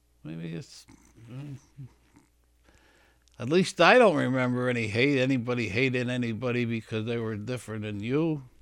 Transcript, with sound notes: Maybe it's, uh, (he pauses) at least I don't remember any hate, anybody hating anybody because they were different than you.